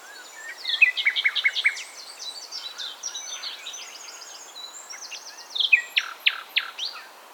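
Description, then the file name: Common nightingale song: a rhythmic series of loud repeated notes, a quieter jumble of high chirps, then strong pulsed notes again near the end. "Luscinia megarhynchos"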